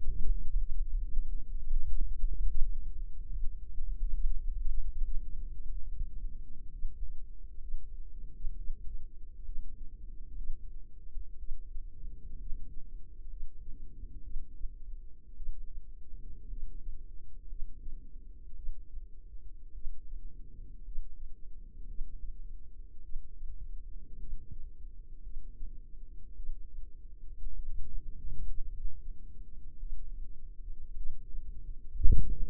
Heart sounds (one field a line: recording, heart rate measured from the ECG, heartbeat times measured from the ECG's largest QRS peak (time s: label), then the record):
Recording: heart sounds by microphone in the left ear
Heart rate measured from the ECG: 59 bpm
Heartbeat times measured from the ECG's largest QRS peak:
0.71 s: heartbeat
1.58 s: heartbeat
2.48 s: heartbeat
3.30 s: heartbeat
4.13 s: heartbeat
5.04 s: heartbeat
5.87 s: heartbeat
6.72 s: heartbeat
7.61 s: heartbeat
8.56 s: heartbeat
9.44 s: heartbeat
10.36 s: heartbeat
11.38 s: heartbeat
12.38 s: heartbeat
13.29 s: heartbeat
14.22 s: heartbeat
15.35 s: heartbeat
16.48 s: heartbeat
17.48 s: heartbeat
18.55 s: heartbeat
19.73 s: heartbeat
20.83 s: heartbeat
21.86 s: heartbeat
23.02 s: heartbeat
24.19 s: heartbeat
25.22 s: heartbeat
26.35 s: heartbeat
27.54 s: heartbeat
28.68 s: heartbeat
29.78 s: heartbeat
30.95 s: heartbeat
32.00 s: heartbeat
From the record:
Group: healthy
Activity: rest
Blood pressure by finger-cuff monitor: 81/51 mmHg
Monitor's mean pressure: 59 mmHg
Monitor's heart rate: 57 bpm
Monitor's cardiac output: 4.2 L/min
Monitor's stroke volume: 77 mL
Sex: female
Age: 36 years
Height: 163 cm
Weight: 88 kg